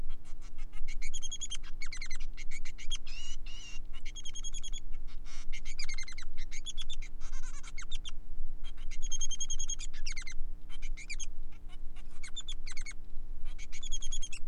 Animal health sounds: song of a male Bengalese finch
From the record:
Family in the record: son of father 3

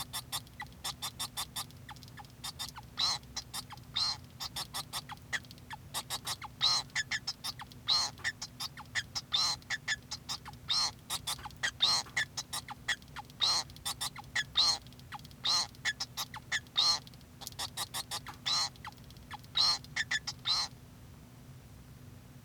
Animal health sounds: song of a male Bengalese finch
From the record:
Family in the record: son of father 2

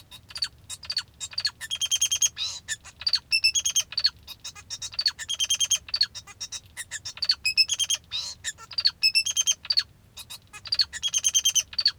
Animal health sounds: song of a male Bengalese finch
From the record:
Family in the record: father 2

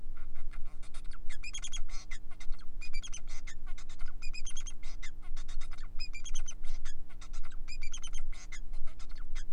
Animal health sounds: song of a male Bengalese finch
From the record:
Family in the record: son of father 4

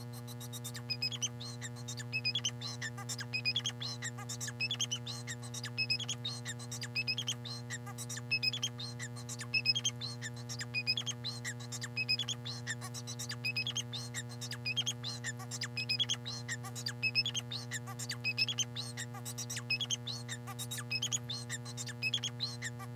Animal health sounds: song of a male Bengalese finch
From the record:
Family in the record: son of father 4

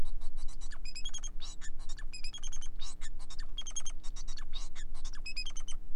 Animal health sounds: song of a male Bengalese finch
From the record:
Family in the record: son of father 4

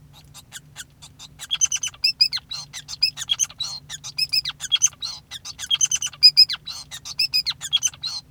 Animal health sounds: song of a male Bengalese finch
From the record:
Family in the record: son of father 5

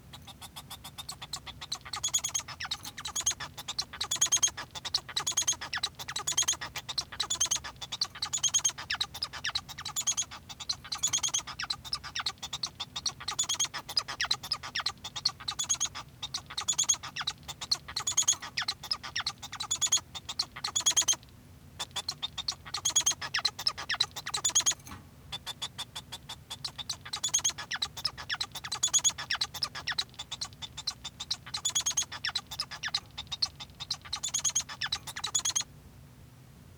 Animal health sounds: song of a male Bengalese finch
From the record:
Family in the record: son of father 1

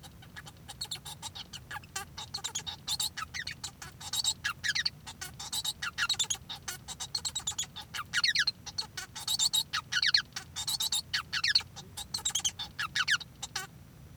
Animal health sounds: song of a male Bengalese finch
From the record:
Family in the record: son of father 1

